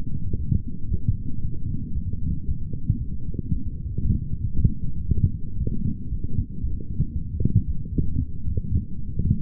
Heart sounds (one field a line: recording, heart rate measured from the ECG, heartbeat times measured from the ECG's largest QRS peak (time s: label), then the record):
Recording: heart sounds by stethoscope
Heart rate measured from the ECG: 115 bpm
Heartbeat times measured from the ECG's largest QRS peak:
0.37 s: heartbeat
0.89 s: heartbeat
1.42 s: heartbeat
1.94 s: heartbeat
2.46 s: heartbeat
2.98 s: heartbeat
3.50 s: heartbeat
4.02 s: heartbeat
4.54 s: heartbeat
5.06 s: heartbeat
5.58 s: heartbeat
6.10 s: heartbeat
6.61 s: heartbeat
7.13 s: heartbeat
7.65 s: heartbeat
8.17 s: heartbeat
8.70 s: heartbeat
9.22 s: heartbeat
From the record:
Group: healthy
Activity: light exercise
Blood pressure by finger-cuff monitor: 133/72 mmHg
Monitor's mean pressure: 89 mmHg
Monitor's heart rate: 115 bpm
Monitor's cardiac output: 10.2 L/min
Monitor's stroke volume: 89 mL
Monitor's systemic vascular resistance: 590 dyn s/cm5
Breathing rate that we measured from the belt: 23 breaths a minute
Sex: male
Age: 19 years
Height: 178 cm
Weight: 83 kg